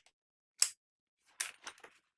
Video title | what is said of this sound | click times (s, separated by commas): Defy Bags Parker Pack Waxed Canvas Unboxing & Preview | make this really satisfying click sound when you put it in and | 0.6 s